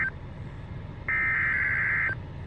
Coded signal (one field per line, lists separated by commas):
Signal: Emergency Alert System (SAME) tones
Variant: header bursts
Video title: Enhanced.. Bust? Enhanced Risk EAS Alerts from 6/30/24 (EAS #1,123-1,138)